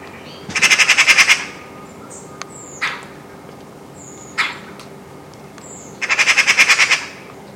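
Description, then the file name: Eurasian magpie chattering: two loud dry rattles of about ten harsh notes each, separated by single harsh notes, with thin high whistles from other birds between. "Pica pica"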